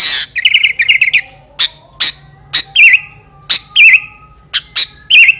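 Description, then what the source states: Sooty-headed bulbul opening with a noisy burst and a quick stutter of notes, then several bright slurred whistled phrases, some starting with a short buzzy burst. Kutilang master bird; singing style described as fierce (gaya sangar) with a 'thunder voice' (suara halilintar).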